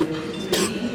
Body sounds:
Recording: coughing mixed with background sound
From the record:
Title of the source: 55 gaggy wet cough

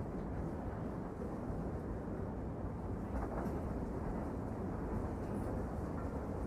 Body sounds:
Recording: background sound without coughing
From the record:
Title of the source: Train Ride Ambience ambient white noise for sleeping, focus, studying, reading

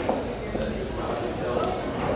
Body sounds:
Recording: background sound without coughing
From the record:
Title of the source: 40 min - Ambience sounds UNIVERSITY lunchroom chatting

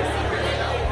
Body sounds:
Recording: background sound without coughing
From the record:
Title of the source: CITY SOUNDS Busy Bar in the Evening Night - 2 HOURS of Ambiance for Relaxation

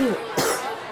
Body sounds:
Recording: coughing mixed with background sound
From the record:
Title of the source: 30 Chesty and wet cough

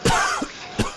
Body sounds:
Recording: coughing mixed with background sound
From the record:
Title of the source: Coughing 51

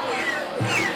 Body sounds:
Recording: coughing mixed with background sound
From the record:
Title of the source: Cough Around the Clock!

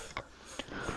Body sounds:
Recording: coughing mixed with background sound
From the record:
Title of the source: Spring Cold Coughing 2

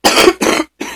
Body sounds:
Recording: coughing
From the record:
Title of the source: 61 morning phlegmy cough...again

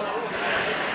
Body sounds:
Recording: coughing mixed with background sound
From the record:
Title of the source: 31 night wet cough

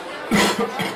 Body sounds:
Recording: coughing mixed with background sound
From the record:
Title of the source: Man Coughing Sound - Wet Cough Sound Effect

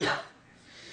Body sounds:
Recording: coughing mixed with background sound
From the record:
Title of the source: female coughing - coughing sound effects girl

